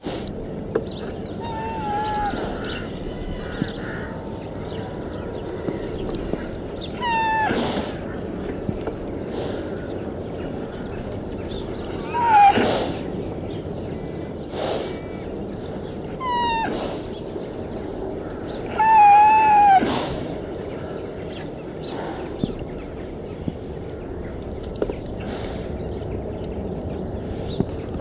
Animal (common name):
Wapiti